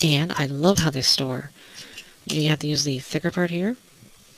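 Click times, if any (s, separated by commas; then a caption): none. Someone talks while handling the plastic sword blades of a Bandai 1/100 MG Sengoku Astray Gundam model kit, holding them by the thicker part to clip them into their storage mount on the kit. Nothing has seated or clicked yet.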